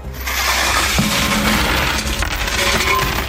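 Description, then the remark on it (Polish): A steady jumble of metallic clinks and jingles as coins and banknotes from a charity collection can are poured and counted at the collection headquarters in Lublin, Poland, with bright overlapping chinks running continuously at a fairly loud level and no voices. “Widzę, że właśnie pani puszka w trakcie liczenia. Dużo banknotów, dużo monet.”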